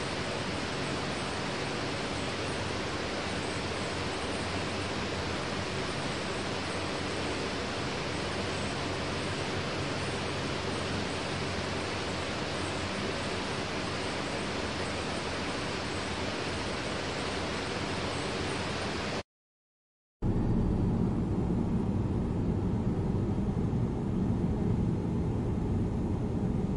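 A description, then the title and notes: A fan runs with a steady, even whoosh, full and airy with a soft hiss on top, unchanging for about nineteen seconds. After a brief silence, a louder, deeper, more muffled rumble takes over with little of the earlier brightness, steady to the end. Fan sounds, constant fan sleep sounds.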